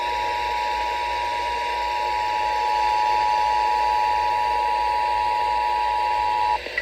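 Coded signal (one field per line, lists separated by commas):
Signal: Emergency Alert System (SAME) tones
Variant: 853 and 960 Hz attention tone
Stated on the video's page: Required monthly tests captured from DC and Maryland TV and FM broadcast relays, plus NOAA Weather Radio required weekly tests.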